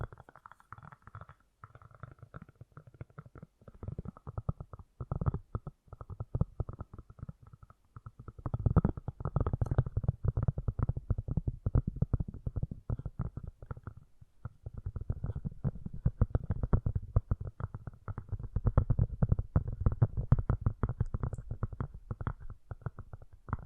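Fast, gentle tapping runs for the full length as a dense stream of quick, soft, low taps. It is lighter and sparser in the first eight seconds, then grows fuller and steadier, with a brief thinning near fourteen seconds before picking up again.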